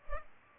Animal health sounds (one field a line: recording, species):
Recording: mosquito wingbeat signal from an infrared sensor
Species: Culex pipiens